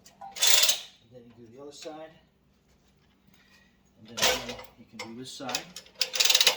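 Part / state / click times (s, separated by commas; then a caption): leg lock lever on a steel folding sawhorse / not seated / none. Someone talks while handling the leg lock lever on a steel ToughBuilt C700 folding sawhorse (from a two-pack meant to form a jobsite table), folding the leg on the second side toward the locking point. Bursts of handling noise are heard near the start and again around 6.2 to 6.5 seconds. Nothing has seated or clicked yet; the clip ends just before the lock snaps down.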